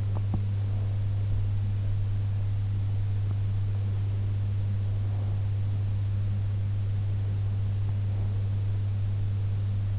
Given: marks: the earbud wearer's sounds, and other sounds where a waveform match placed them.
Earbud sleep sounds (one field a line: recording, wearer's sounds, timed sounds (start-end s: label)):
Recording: sounds in sleep by an in-ear microphone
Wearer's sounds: teeth grinding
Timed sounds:
0.00-0.80 s: teeth grinding